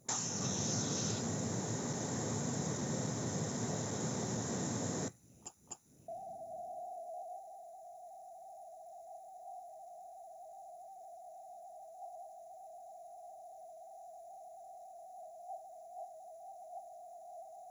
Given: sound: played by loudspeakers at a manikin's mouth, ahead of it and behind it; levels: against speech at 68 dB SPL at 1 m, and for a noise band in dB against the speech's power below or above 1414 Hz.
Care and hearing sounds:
test signals for a remote microphone
0.08-5.08 s: speech-spectrum noise, +10 dB
5.45 s: click
5.70 s: click
6.08-17.71 s: noise band at 707 Hz, as loud as that band is in speech
From the record:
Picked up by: remote microphone A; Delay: 47 ms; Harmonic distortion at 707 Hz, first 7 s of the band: under -40 dB

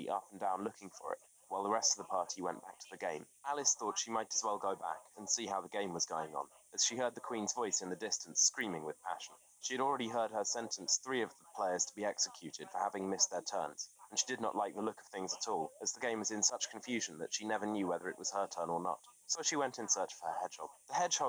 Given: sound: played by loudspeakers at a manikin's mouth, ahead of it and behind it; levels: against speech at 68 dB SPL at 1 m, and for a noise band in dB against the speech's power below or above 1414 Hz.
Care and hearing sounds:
test signals for a remote microphone
0.00-21.29 s: man speaking, babble ahead at +6 dB SNR for speech at 1 m
From the record:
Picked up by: remote microphone B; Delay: 24 ms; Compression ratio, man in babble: 1.70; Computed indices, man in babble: HASPI 0.999, HASQI 0.276 (non-linear 0.326, linear 0.847), ESTOI 0.728

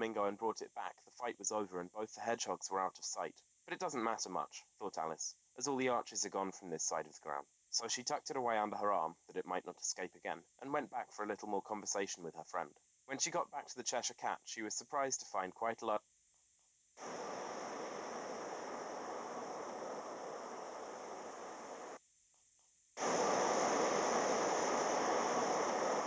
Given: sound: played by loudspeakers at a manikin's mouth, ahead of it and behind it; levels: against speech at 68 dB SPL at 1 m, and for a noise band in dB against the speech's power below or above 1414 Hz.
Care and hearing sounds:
test signals for a remote microphone
0.00-15.97 s: man speaking
16.97-21.97 s: speech-spectrum noise, -10 dB
22.97-26.07 s: speech-spectrum noise, 0 dB
From the record:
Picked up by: remote microphone D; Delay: 24 ms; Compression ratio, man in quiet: 1.31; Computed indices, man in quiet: SII 0.994, HASPI 0.998, HASQI 0.363 (non-linear 0.417, linear 0.872), ESTOI 0.824

